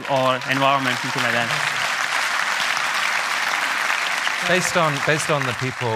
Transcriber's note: applause